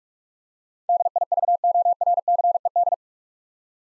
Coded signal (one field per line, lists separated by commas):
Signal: Morse code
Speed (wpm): 46 wpm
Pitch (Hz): 700 Hz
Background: none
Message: DIVORCED